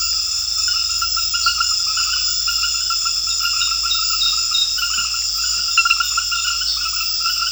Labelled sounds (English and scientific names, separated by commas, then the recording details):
none
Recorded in secondary vegetation near Puerto Asís, Putumayo, Colombia, on 4 March 2025 at 21:00
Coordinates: 0.498, -76.327
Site G001